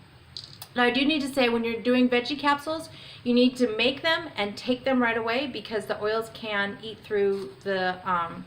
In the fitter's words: the backpack on snap it out and you'll feel it kind of click into place and then you just take it like a regular capsule now